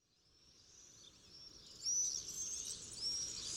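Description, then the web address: Swift screaming calls, thin high trilled screams that start faint and swell, over a soft hiss. Swifts in jousting flights. "annee nature les joutes du martinet"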